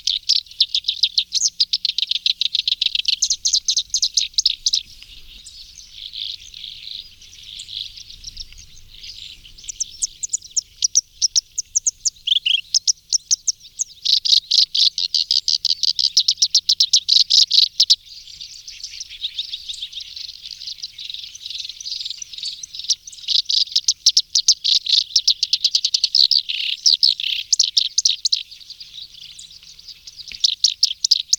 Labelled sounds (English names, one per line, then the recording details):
Black-browed Reed Warbler song
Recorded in the wild
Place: Bolschoj Ussurijskij Ostrov, Bolshoi Ussuriysky Island, RU
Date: 1994-05-27
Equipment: Dat-Recorder Casio DA 7, Telinga DAT, Telinga-Parabolspiegel
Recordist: Schwarz, Dieter
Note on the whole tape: Song